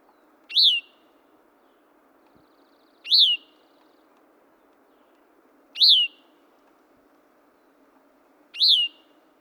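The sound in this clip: Gray-cheeked thrush giving four high, downslurred nasal calls, one roughly every two and a half seconds, over a soft low background hiss.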